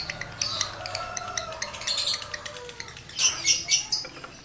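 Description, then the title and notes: Lovebird song: soft twittering and ticking, then three loud harsh squawks in quick succession. Male lovebird in breeding condition; the song is used as a lure to stimulate other lovebirds to sing. "Birahi Lovebird Jantan ke Gacor. Pancingan Suara Lovebird jantan birahi"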